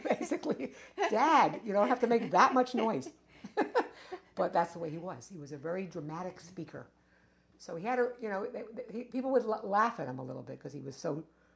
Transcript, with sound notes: Basically, "Dad! You don't have to make that much noise!" (Laughs) But that's the way he was - he was a very dramatic speaker. So he had a, you know, they wo—they -- people would laugh at him a little bit, 'cause he was so,